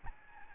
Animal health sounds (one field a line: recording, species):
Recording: mosquito wingbeat signal from an infrared sensor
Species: Aedes albopictus